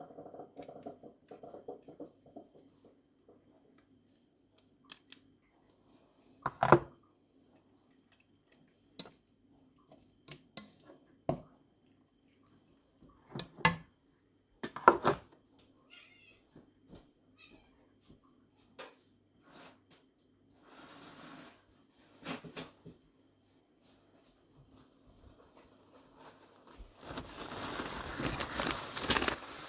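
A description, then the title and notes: Kitchen sounds: sharp, separate knife-like knocks land every second or two, with a low steady hum underneath. Near the end a dense, bright sizzling hiss rises and holds, like food frying or water pouring. ASMR Cooking. Chopping vegetables, frying onions, pouring water and so forth. I made an easy crayfish-soup.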